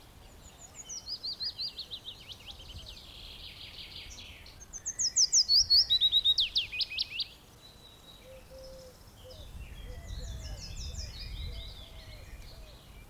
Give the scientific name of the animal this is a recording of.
Phylloscopus trochilus